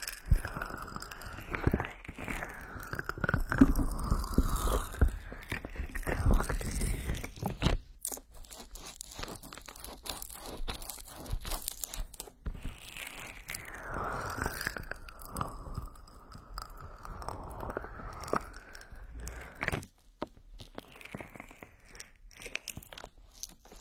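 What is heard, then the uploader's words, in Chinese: Slick rubbing and squishing of oiled ears, dense and irregular, with sweeping swishes around 2 and 15 seconds and quieter stretches between. 精油揉搓耳朵。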